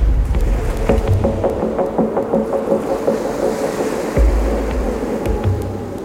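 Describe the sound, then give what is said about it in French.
Heavy Indian Ocean waves, with troughs sometimes several metres deep, surge and crash against a sailing boat's hull in a steady, roaring wash. Rhythmic thumps come as the bow slams onto the water, over a low rumble of easing wind beneath the churning water. “General Lee continue d'avaler les vagues de l'océan Indien. Le vent faiblit, mais la mer est toujours très formée.”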